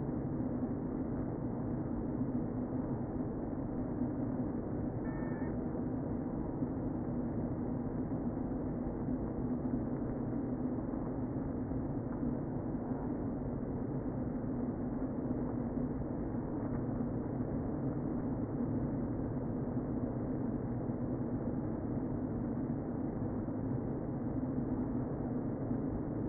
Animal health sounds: honeybee colony, microphone inside the hive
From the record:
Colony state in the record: queen present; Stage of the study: before two queens were removed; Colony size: about 60,000 bees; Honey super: yes

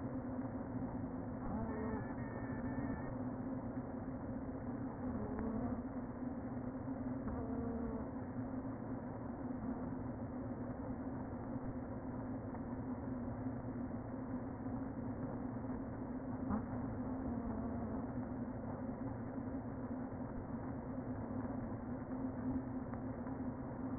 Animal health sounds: honeybee colony, microphone inside the hive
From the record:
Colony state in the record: queen present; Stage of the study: before two queens were removed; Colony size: about 60,000 bees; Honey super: yes

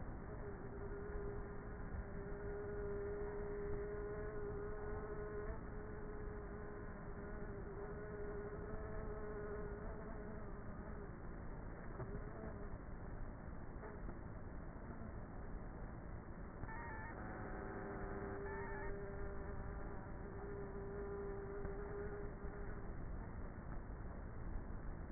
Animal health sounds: honeybee colony, microphone inside the hive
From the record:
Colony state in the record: queenless with a low population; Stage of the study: before two queens were removed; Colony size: about 30,000 bees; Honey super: no

